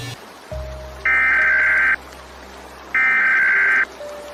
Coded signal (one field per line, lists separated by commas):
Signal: Emergency Alert System (SAME) tones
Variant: header bursts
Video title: Alien Entities Suddenly Appear | EAS Alert - Fictional Radio broadcast